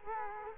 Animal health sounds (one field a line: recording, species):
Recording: mosquito wingbeat signal from an infrared sensor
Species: Culex quinquefasciatus